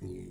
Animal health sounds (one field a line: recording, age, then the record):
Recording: pig call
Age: weaner (32 to 43 days)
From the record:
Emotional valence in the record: negative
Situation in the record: negative conditioning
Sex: female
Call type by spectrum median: low-frequency call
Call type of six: low-frequency stable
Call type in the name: low-frequency stable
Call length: 0.31 s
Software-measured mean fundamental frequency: 46 Hz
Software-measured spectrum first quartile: 125 Hz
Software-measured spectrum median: 257 Hz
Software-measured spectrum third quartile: 412 Hz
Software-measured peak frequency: 148 Hz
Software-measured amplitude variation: 85 dB a second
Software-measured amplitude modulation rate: 25.8 a second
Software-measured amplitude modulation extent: 3.3 dB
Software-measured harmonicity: 2.9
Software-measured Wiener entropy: 0.19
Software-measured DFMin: 1309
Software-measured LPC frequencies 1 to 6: 340, 2172, 3712, 4211, 5684, 6868 Hz